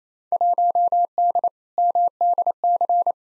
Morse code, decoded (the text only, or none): 1D MDC